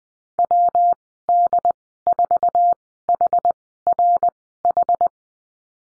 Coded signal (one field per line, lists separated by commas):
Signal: Morse code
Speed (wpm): 19 wpm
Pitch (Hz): 700 Hz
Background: none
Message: WD4HRH